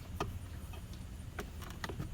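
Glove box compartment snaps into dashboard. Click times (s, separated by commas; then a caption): 0.2 s, 1.8 s. Both sides of the plastic glove box compartment on a 2011–2017 Honda Odyssey are pressed so its snaps re-engage in the dashboard during a cabin air filter change. Two sharp clicks at 0.2 s and 1.8 s mark the two sides snapping in, with a few other short ticks around 1.4 s and 1.7 s over a low background hum. The glove box is seated back in place.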